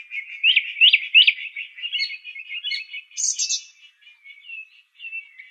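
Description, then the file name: Song thrush song: a bright upward note repeated three times, then a run of varied chirps, a high buzzy phrase and softer notes. "suara-kicauan-burung-song-thrush omkicau"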